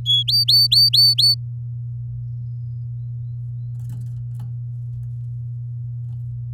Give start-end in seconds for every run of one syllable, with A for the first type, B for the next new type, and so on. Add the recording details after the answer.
0.05-0.23 A, 0.28-1.34 B. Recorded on 8 May 2018 at 12:17. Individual llb16